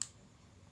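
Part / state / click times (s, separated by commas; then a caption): centrifugal brake block in a baitcasting reel's spool brake system / seated / 0.0 s. Inside a Shimano SLX MGL 71 HG baitcasting reel, a small centrifugal brake block in the spool brake system is pushed closed to switch it off. It snaps into place with one sharp, fast-decaying click at 0.0 seconds, leaving the brake block seated. Afterward only a faint low hum remains.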